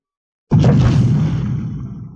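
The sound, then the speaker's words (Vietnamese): A loud explosion bursts in suddenly after a moment of silence, its deep rumbling boom mixed with a sweeping sword whoosh, then slowly fading over the next two seconds. “Trong hư không tiếng nổ mạnh vang lên, một ảo ảnh ngọn núi như thực chất bỗng hiện ra ngăn cản kiếm ảnh màu vàng.”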